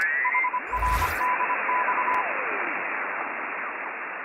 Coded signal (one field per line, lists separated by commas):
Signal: Morse code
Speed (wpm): 25 wpm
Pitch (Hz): 1000 Hz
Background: radio noise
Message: HRDX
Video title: MAXIMIZE your DX chances on VHF & Above | Hepburn Tropo Maps